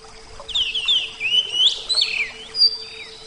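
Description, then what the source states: Oriental magpie-robin song, a lively run of varied whistled notes, some rising and falling, with sharp high accents, over a steady low hum and soft rushing background. Kacer song over flowing water, a therapy recording.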